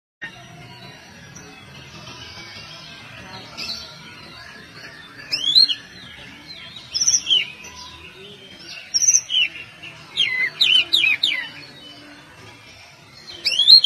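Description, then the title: Oriental magpie-robin giving bright whistled notes and quick trills in scattered bursts, with a denser run of phrases late, over constant faint background birdsong. "Kacer"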